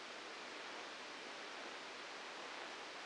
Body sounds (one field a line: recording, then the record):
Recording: brain microelectrode recording played as sound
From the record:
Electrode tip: outside the subthalamic nucleus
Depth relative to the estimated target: 2 mm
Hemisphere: left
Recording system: NeuroSet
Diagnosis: Parkinson's disease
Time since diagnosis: 8 years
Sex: male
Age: 59 years